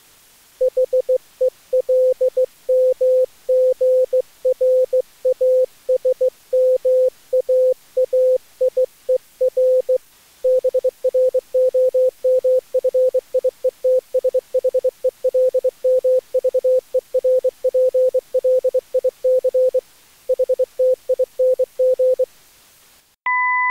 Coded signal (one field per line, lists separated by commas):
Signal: Morse code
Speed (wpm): 24 wpm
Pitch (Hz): 510 Hz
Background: none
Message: HELMGRASMAAIER BROMFIETSHELMVERPLICHTING